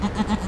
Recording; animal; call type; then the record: contact call of a hoofed animal; goat; low-frequency (closed-mouth) or high-frequency (open-mouth) call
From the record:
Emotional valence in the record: negative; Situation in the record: short social isolation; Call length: 0.48 s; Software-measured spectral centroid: 2040 Hz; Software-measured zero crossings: 1320 a second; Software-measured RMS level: -24 dBFS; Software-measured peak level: -11 dBFS